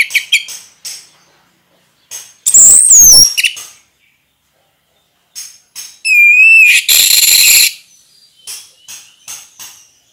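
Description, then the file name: Orange-headed thrush song of sliding high whistles and a dense buzzy rattle, with scattered short chips between phrases. Orange-headed thrush singing in the Indonesian ngeplong style, described as gacor (singing persistently). "anis merah gacor ngeplong"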